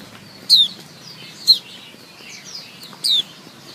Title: Suara Kicau Pleci Betina Terapi Pleci Mbisu